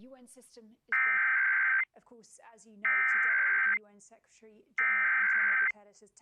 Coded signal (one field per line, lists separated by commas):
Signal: Emergency Alert System (SAME) tones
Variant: header bursts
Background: speech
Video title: EAS Minnesota Required Monthly Test on Prairie PBS